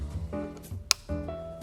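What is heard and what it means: The other end of a fuel line's quick connector is pushed onto the pin fitting of a Hidea 9.9 HP outboard motor over a steady, tonal background hum. It snaps home with a single sharp, bright click at 0.9 s, seating the connector on the motor.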